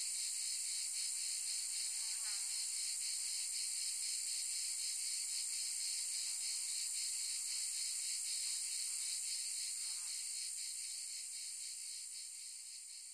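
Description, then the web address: Cicada giving a steady, dense high buzz with faint rhythmic pulsing, a few soft chirps in the background, the sound fading slightly toward the end. "son cigales"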